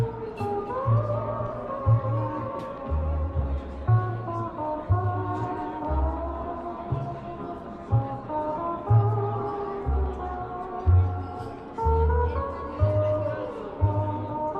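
Oldie music plays with a steady, regular bass pulse and sustained melody lines, while light talking murmurs faintly underneath throughout.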